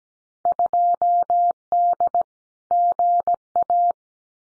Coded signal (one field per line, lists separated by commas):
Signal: Morse code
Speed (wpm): 17 wpm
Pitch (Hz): 700 Hz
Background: none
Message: 2D GA